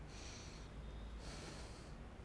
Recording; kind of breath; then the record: one breath in and out by a microphone near the nose and mouth; deep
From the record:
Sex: male